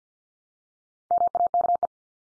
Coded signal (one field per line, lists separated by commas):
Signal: Morse code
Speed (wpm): 50 wpm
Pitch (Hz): 700 Hz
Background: none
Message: MAKE